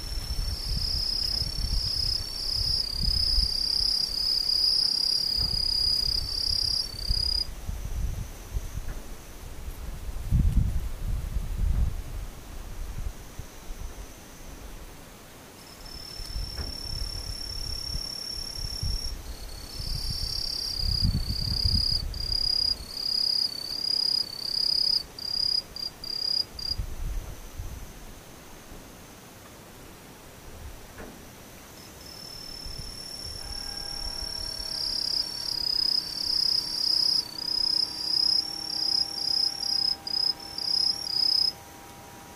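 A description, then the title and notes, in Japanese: Daytime insects buzz in high, piercing trills that come in long stretches, pausing for a few seconds around 8, 14 and 30 seconds before starting again. Low gusty rumbles swell and fade underneath, and faint steady tones join near the end. ムシ昼。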